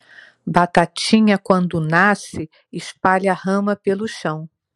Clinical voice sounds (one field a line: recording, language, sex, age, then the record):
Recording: short text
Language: Brazilian Portuguese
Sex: female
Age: 60 to 69 years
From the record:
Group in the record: control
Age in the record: 62 years